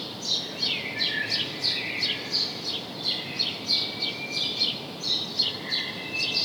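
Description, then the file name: House sparrow calling with quick sharp chirps about three per second, with a thin drawn-out whistle and constant background hiss. "Passer domesticus"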